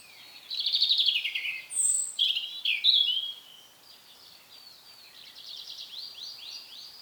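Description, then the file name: European robin song: a rich jumble of high, thin warbles and trills, loud at first, then softer fast-repeated notes near the end. "Erithacus rubecula"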